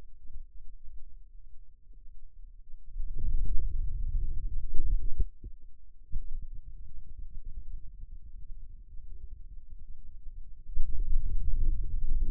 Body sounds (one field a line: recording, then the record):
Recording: forearm muscle sounds (acoustic myography)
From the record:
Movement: wrist flexion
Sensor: system 2, bracelet of six BSWA MPA416 microphones around the upper forearm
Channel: 6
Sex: male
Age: 22 years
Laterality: right